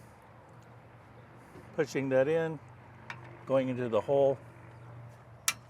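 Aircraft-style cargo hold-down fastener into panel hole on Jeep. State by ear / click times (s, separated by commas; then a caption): seated / 5.5 s. Someone talks while pushing a quarter-turn, aircraft-style cargo hold-down fastener into its hole in the body of a Jeep Gladiator Hellcat. A sharp click comes at 5.5 s as the fastener snaps in place, seated and not coming off.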